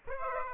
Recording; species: mosquito wingbeat signal from an infrared sensor; Aedes aegypti